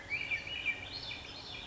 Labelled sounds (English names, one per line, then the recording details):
Swainson's Thrush
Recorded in Sonoma County, California